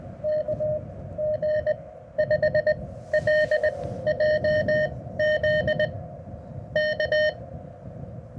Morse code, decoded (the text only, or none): KG5LJZ K